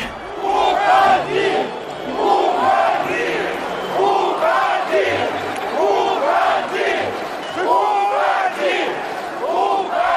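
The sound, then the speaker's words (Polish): A large crowd of Belarusian protesters shouts in unison at their president in the streets of a Belarusian city, rhythmic chanted bursts rising and falling every second or so, loud and sustained throughout with many overlapping voices. “Krzyczą Białorusini swojemu prezydentowi na ulicach większych miast”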